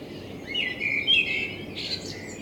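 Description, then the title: Common blackbird phrase: a brief fluted warble that slides into a hissy high twitter. Blackbird in front of the recordist's window; captured binaurally with a self-built dummy head, for headphone listening. "Kunstkopfaufnahme der Amsel vor meinem Fenster"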